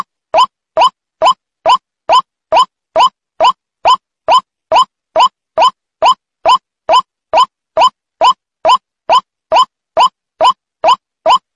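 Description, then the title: White-breasted waterhen giving a monotonous call, the same brief note repeated at an even pace of about two per second. Lure recording. "Pikat Ruak Ruak"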